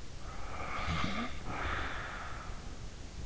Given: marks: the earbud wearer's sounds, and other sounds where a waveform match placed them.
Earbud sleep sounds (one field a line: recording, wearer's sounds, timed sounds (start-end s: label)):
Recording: sounds in sleep by an in-ear microphone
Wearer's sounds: snoring breath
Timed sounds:
0.24-3.26 s: snoring breath